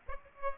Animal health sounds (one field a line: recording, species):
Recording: mosquito wingbeat signal from an infrared sensor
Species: Aedes aegypti